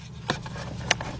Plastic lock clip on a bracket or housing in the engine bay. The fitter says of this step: lock it down over here lock it down